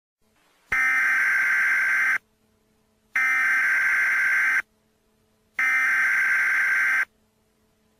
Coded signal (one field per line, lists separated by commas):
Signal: Emergency Alert System (SAME) tones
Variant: header bursts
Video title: EAS Mock Scenario - Halloween School Shooting